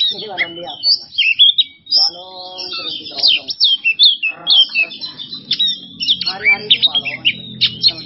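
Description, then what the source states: Oriental magpie-robin singing a busy, varied medley of high chirps, slurred whistles and buzzy notes, interrupted by lower nasal, harmonic chatter phrases. Masteran training recording for songbirds, kacer singing 'bongkar isian emosi' style: fired-up, showing off its full repertoire of fill-in phrases.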